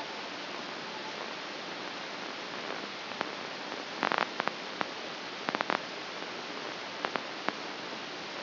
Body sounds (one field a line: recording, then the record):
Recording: brain microelectrode recording played as sound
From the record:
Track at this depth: outside the subthalamic nucleus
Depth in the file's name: 7.266 mm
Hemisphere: left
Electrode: 2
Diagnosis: Parkinson's disease